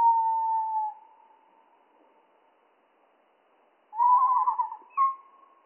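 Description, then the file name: Spotted flycatcher song, very low and drawn out: a gently falling whistled tone, a quiet pause, then a warbling burst and a short steady note. Slowed down by three octaves; mono recording. "GOBE MOUCHE GRIS"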